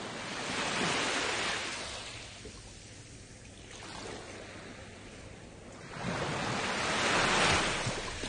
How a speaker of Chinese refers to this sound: 听到啲海浪声。可以令到自己醒一醒啲啦，洗一洗涤自己嘅心灵，去迎接呢一天嘅开始。